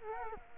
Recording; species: mosquito wingbeat signal from an infrared sensor; Culex quinquefasciatus